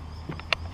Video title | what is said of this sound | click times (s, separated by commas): How to Remove VW Golf Rear Luggage Lock Trim (Mk7) | and as you can see, it will snap. The one in the middle snaps out quite easy | 0.5 s